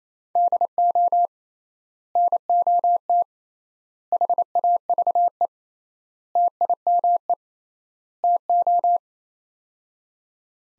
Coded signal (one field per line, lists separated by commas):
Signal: Morse code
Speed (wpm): 28 wpm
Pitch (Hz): 700 Hz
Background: none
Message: DO NOT HAVE TIME TO